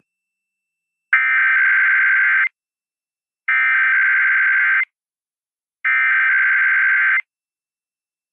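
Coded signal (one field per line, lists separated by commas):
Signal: Emergency Alert System (SAME) tones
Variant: header bursts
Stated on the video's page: Weekend required tests.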